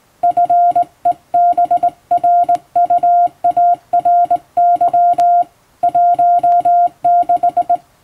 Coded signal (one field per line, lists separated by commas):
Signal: Morse code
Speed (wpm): 19 wpm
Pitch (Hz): 700 Hz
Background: music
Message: FEBRUARY 16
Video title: モールスの基本的な打ち方！綺麗な手打ちモールス符号で送信しよう！欧文モールス信号を電報練習帳で打ってみました！YouTubeの再生速度を調整して聴いてみよう(morse code practice)